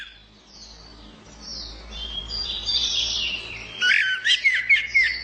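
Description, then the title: Orange-headed thrush song: loud, rich whistled phrases with rising and falling notes near the end, over steady high chattering notes in the background. Kicau mania songbird-hobby bird, called a champion, described as gacor (singing persistently), teler and doyong in style. "Kicau Mania Suara Burung Anis Merah Gacor Teler Doyorng Juara"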